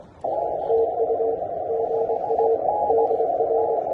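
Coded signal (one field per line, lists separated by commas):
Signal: Morse code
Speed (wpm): 24 wpm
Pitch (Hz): 460 Hz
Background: radio noise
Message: TU GA DR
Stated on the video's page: Morse code contacts during a Parks On The Air activation at a national historic park.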